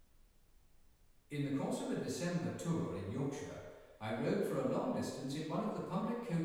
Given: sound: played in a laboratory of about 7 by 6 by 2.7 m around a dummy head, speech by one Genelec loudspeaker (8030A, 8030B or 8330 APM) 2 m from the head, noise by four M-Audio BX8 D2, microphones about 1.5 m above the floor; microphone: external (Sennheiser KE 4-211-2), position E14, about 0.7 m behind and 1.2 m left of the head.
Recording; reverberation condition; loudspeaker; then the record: male speech in English; high; 30 degrees to the right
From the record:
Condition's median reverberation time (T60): about 1300 ms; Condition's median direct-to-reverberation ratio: about -4.0 dB